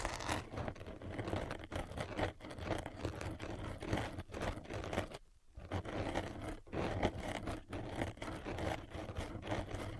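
Continuous tapping and scratching fills the clip, a dense rough rustle with quick, irregular taps and scrapes layered over a low rumble. The texture stays busy and bright, pausing briefly into near silence just past the five-second mark before resuming.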